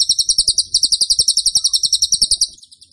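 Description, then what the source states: Bird song of quick, shrill chirps in a regular series, fading out over the last half second. Masteran (training) recording of a bird singing actively (gacor) with tembakan phrases.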